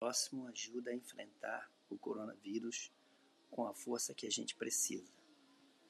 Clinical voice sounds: spoken sentence; Brazilian Portuguese; male; 50 to 59 years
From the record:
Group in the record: control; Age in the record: 55 years

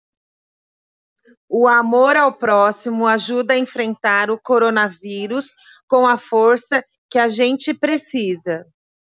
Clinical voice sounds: spoken sentence; Brazilian Portuguese; female; 50 to 59 years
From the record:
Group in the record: control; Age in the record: 53 years

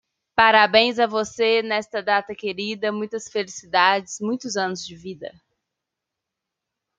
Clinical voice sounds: short text; Brazilian Portuguese; female; 30 to 39 years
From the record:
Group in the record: control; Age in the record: 33 years

